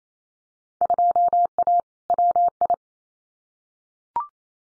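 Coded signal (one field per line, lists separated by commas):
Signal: Morse code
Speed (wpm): 28 wpm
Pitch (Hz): 700 Hz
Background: none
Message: 2A WI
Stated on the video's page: Field Day exchange head-copy drill at 28wpm with equally probable exchanges, each sent in Morse, spoken, then sent again.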